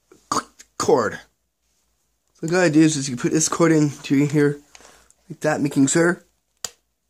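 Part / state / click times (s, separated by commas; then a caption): headphone cable plug into headphone earcup socket / seated / 6.7 s. Someone talks while pushing the plug of a pair of DJ headphones' detachable cord into its socket in the ear cup. One sharp click is heard at 6.7 seconds as the plug seats snugly for a strong connection.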